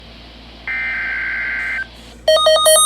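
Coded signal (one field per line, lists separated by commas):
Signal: Emergency Alert System (SAME) tones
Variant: header bursts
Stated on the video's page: Child Abduction Emergency relayed over NOAA Weather Radio.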